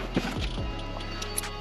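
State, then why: Not seated. A passenger-side power strut wire connector from a Hansshow power frunk kit on a Tesla Model Y is pushed into its mating plug on the power frunk harness. Brief plastic taps and scrapes are heard over a steady low hum. The first push has not latched, and nothing has seated or clicked yet.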